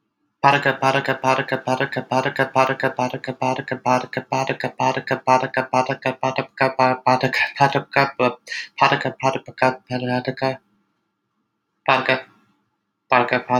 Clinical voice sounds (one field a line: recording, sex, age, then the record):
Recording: repeated syllables /pa ta ka/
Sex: male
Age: 30 to 39 years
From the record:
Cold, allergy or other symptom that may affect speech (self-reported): no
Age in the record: 32 years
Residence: United States